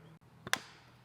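A small fuel line fitting with tiny O-rings, lubricated with WD-40, is pushed by hand onto a new diesel fuel injector on a Duramax. A faint tap at 0.5 s is followed by a sharp click at 0.5 s as the fitting snaps in and seats.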